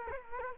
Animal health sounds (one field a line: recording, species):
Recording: mosquito wingbeat signal from an infrared sensor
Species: Culex quinquefasciatus